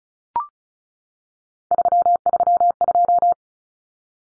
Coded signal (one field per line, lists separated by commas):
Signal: Morse code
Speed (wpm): 34 wpm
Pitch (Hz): 700 Hz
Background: none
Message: 332